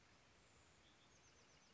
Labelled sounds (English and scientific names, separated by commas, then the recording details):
Bewick's Wren (Thryomanes bewickii)
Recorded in Sonoma County, California